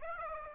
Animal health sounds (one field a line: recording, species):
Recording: mosquito wingbeat signal from an infrared sensor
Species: Aedes aegypti